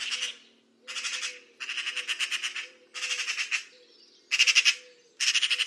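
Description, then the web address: Bird giving harsh, rattling, buzzy bursts repeated about once a second in a loose series, with a faint low steady hum underneath. "Deverinetal 2025 File origin Bird Only"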